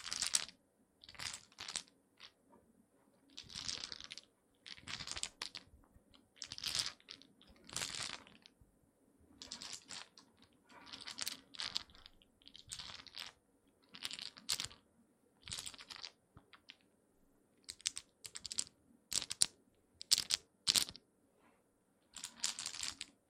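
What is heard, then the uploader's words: Wooden eggs clack and rattle against each other in short, bright bursts. The clicks come in quick clusters separated by brief silences, irregular throughout, with a faint low hum underneath. ASMR Relaxing wooden eggs sounds (No Talking).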